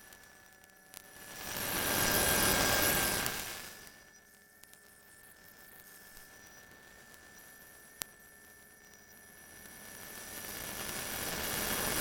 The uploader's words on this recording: High Altitude Student Platform Sound - 100x. Placed infrasound (below audible frequency sound) microphones 22 miles above the Earth in order to quantify the acoustic wavefield of the stratosphere. Preliminary work indicates that the signals may originate from clear air turbulence, aircraft, wind farms, ocean waves, and cable vibrations on the balloon.